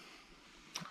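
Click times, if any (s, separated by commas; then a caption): 0.8 s. A sliding window sash is pushed shut into its frame lock, and the lock engages with a faint, short tick at 0.8 s over a low steady background. The window is locked in place.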